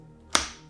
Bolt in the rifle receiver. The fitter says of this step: number four the bolt locks in place whenever you are flipping it up